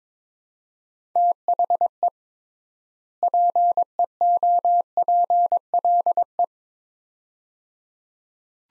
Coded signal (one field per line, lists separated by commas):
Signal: Morse code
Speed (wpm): 22 wpm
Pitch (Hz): 700 Hz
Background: none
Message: THE PEOPLE